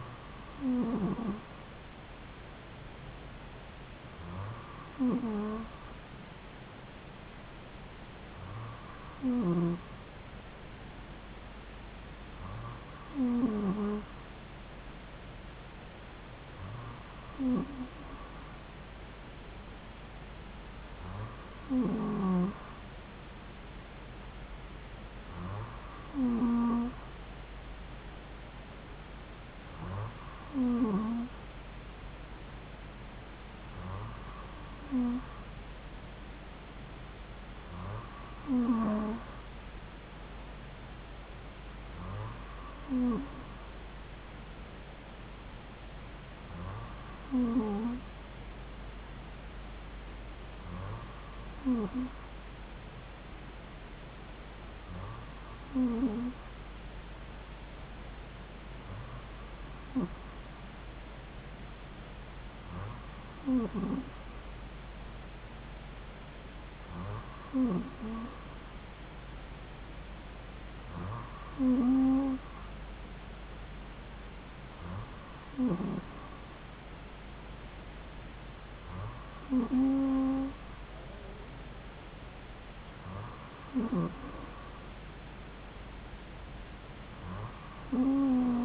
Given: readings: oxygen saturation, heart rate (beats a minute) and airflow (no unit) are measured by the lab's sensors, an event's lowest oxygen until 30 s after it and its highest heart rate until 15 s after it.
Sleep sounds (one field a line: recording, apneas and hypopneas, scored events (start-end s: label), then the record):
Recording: breathing in sleep by a voice recorder at the bedside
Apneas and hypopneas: none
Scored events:
58.00-88.65 s: new sleep stage, N2 (light sleep)
From the record:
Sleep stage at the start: N3 (deep sleep)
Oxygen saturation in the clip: 93 to 94%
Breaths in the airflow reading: 21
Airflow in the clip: -2.5 to 2.5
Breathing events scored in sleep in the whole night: 270 in 6.1 hours asleep